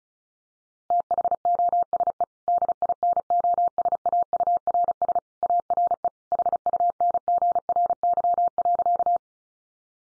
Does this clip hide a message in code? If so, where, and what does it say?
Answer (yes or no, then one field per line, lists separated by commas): yes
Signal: Morse code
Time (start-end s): 0.9-9.2 s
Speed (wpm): 34 wpm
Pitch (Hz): 700 Hz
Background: none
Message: THOSE DINOSAURS ARE HUNGRY.